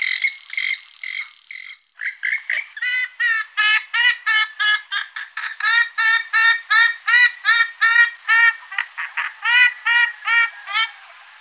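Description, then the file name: Western swamphen calling: a few drawn-out nasal notes, then a steady run of loud, harmonic honks repeated about three times per second. "calamon comun"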